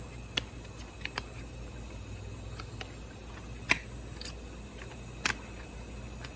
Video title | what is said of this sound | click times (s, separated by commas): Skim-A-Round review 2020 | and it has little legs that have to snap into place. | 0.4 s, 3.7 s, 5.3 s